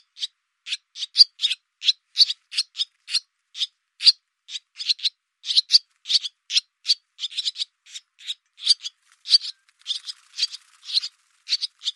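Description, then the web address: Barn swallow calling: a dense run of brisk clicking notes delivered almost continuously against a quiet background. "cianscape birddata Deverinetal 2025"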